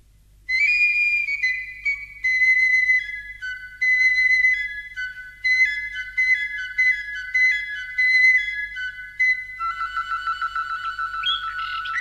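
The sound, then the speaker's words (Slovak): A person whistles a birdlike tune: a run of clear, high tones that steps gradually downward, followed by quicker warbling trills near the end. It is fairly loud, with no talking. “Veď ja tak pekne hvízdam.”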